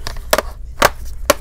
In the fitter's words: press it all around the laptop you can hear the little click click click